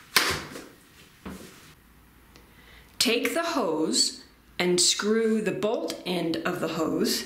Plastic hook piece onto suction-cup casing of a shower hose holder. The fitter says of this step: the hook piece downward on top of the casing apply pressure until it clicks in place